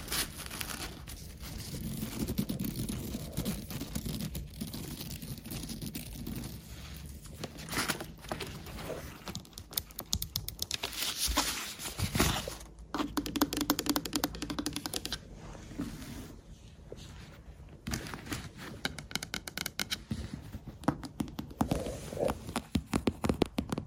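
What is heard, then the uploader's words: Lens tapping and scratching, with dense bursts of sharp, crisp clicks and scraping strokes that come in quick clusters throughout. A soft low rumble and muffled handling noises sit underneath, and the busiest, brightest scratching falls around the middle and final third. ASMR Hotel Room Tour ~ Lens Tapping & Scratching in Berlin.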